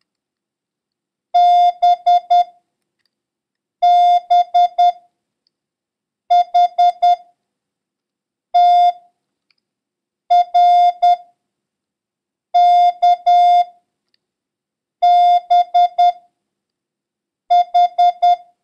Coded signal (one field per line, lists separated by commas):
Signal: Morse code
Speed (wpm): 10 wpm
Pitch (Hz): 710 Hz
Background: none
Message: BBHTRKBH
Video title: International Morse Code: Lesson 6